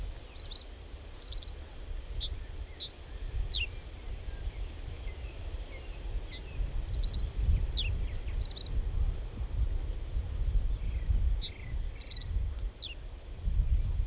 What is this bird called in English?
Reed Bunting